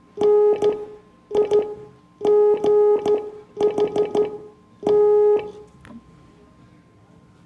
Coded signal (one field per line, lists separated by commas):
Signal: Morse code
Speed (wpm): 13 wpm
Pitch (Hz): 420 Hz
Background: none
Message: NIGHT